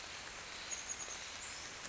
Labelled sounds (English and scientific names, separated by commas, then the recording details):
Chestnut-backed Chickadee (Poecile rufescens)
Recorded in Sonoma County, California